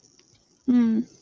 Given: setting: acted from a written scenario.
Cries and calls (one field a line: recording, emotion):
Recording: vocal sound without words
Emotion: sympathy